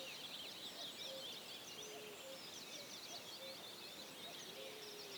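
Common whitethroat song, a scratchy, rapid chatter of high notes running through, with several short low whistled notes beneath it.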